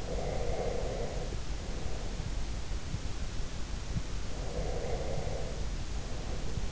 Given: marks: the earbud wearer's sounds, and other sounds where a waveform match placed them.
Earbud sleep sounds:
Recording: sounds in sleep by an in-ear microphone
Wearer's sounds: breath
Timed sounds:
0.03-2.15 s: breath
4.19-6.72 s: breath

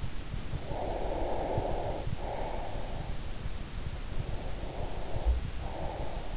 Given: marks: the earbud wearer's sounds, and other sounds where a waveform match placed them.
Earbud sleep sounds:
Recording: sounds in sleep by an in-ear microphone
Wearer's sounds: breath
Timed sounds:
0.59-3.21 s: breath
4.07-6.36 s: breath

